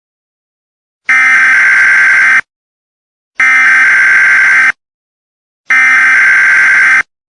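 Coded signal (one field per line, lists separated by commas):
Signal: Emergency Alert System (SAME) tones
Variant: header bursts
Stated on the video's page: Fictional EAS scenario.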